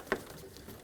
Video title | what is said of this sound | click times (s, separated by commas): How to Replace Radiator Core Support 2013-2020 Nissan Pathfinder | make sure you press it till it clicks in place just like that | 0.1 s